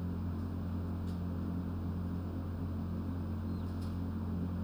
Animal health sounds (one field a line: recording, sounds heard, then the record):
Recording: poultry house recording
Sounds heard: healthy chickens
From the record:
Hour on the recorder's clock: 21